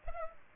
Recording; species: mosquito wingbeat signal from an infrared sensor; Culex pipiens